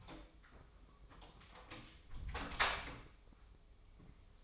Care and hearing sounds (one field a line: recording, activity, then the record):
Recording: daily activity, microphone in the room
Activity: close door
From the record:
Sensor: 1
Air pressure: 1005.0 hPa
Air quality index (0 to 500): 90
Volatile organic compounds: 2 ppm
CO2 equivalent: 1232 ppm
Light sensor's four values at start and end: 10/25/10/11 and 10/24/10/10